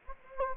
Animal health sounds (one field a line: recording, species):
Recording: mosquito wingbeat signal from an infrared sensor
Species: Anopheles gambiae